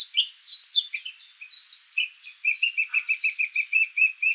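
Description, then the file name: Eurasian blackcap song: jumbled scratchy warbling first, then a fast, regular string of clear repeated notes. "Sylvia atricapilla"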